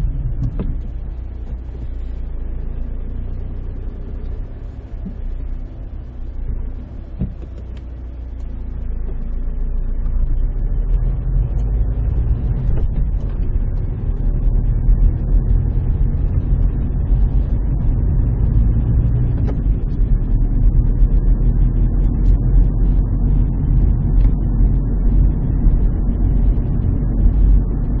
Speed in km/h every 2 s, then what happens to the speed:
0, 4, 0, 0, 7, 17, 17, 21, 27, 29, 33, 34, 34, 35.
3-6 standing. 6-28 pulls away to 35.